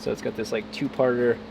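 A bulky two-part ABS harness connector is handled over the ABS module it plugs into while someone talks. Nothing has seated or clicked yet; the connector has not gone home by the end of the clip.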